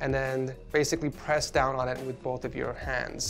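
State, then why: Not seated. A RAM module is handled over a motherboard DIMM slot, about to be pressed down with both hands until the latches snap, while someone talks throughout. Faint background music sits under the voice. Nothing has seated or clicked yet; the clip ends before the stick goes home.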